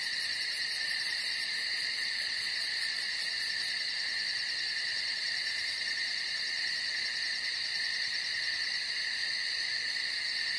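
A night chorus of crickets and insects trills without pause, forming several steady high, shrill layers. For the first four seconds an even higher, rapidly pulsing chirp rides on top before dropping away, leaving the dense, unchanging buzz to continue to the end.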